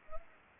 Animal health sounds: mosquito wingbeat signal from an infrared sensor; Anopheles gambiae

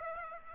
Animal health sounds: mosquito wingbeat signal from an infrared sensor; Aedes aegypti

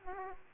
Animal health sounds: mosquito wingbeat signal from an infrared sensor; Aedes aegypti

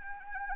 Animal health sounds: mosquito wingbeat signal from an infrared sensor; Anopheles arabiensis

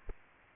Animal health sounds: mosquito wingbeat signal from an infrared sensor; Aedes aegypti

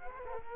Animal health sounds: mosquito wingbeat signal from an infrared sensor; Culex quinquefasciatus

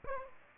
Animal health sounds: mosquito wingbeat signal from an infrared sensor; Aedes aegypti

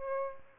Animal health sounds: mosquito wingbeat signal from an infrared sensor; Aedes albopictus

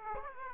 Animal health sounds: mosquito wingbeat signal from an infrared sensor; Aedes aegypti

